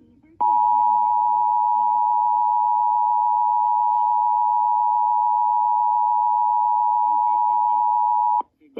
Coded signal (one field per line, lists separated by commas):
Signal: Emergency Alert System (SAME) tones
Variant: 853 and 960 Hz attention tone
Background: speech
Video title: EAS #10 Tornado Warning (May 7, 2024)